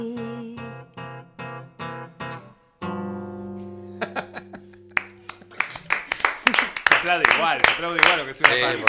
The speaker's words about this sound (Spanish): Se aplaude igual, aunque sea una parte, digamos.